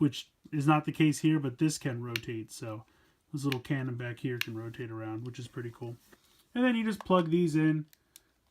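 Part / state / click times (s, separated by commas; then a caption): plastic accessory peg into socket on toy lion body / not seated / none. Someone talks while handling a Voltron 84 Classic Legendary Yellow Lion plastic toy, about to plug small plastic accessory pegs into the sockets on the side of the lion's body. A faint, brief tick is heard near 8.2 s as the talking ends. Nothing has seated or snapped into place yet.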